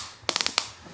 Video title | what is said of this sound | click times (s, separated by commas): Trakline Belts by KORE Essentials review | can see it click here that's | 0.3 s, 0.6 s